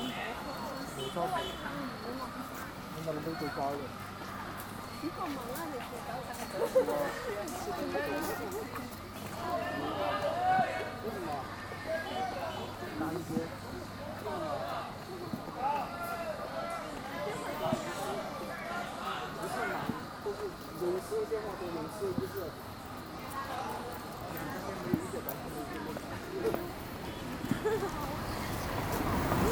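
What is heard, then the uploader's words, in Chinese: New students arriving at a technical college: dense overlapping chatter from a crowd, with a low vehicle hum and occasional louder voices throughout. 绵阳职业技术学院，我录到了新生入校的一些声音。At the Mianyang Technical College I recorded the sound of the new students。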